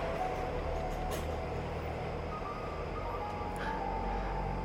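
A subway train idles at a station with a steady, heavy rumble and low mechanical hum, a faint high whine running through it and a couple of brief clanks, with no voices.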